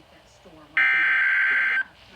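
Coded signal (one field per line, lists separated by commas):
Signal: Emergency Alert System (SAME) tones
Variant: header bursts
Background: speech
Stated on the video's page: Real tornado warning EAS tones from the National Weather Service, received on NOAA Weather Radio.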